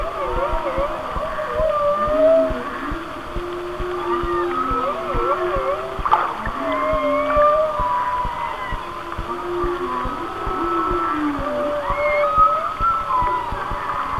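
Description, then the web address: Whale song with wobbling, undulating whistles over drawn-out lower moans that dip and slide, phrases shifting every few seconds against a hissing background. "Natures Songs Whale Songs Whale Songs"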